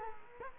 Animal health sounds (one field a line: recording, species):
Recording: mosquito wingbeat signal from an infrared sensor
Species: Culex quinquefasciatus